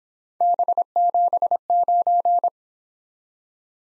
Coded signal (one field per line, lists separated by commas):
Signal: Morse code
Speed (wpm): 23 wpm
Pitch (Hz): 700 Hz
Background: none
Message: B79